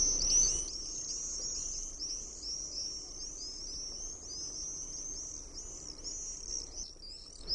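Common Swift screaming, a continuous high shrill chorus of overlapping trilled screams, fainter, over steady low background noise.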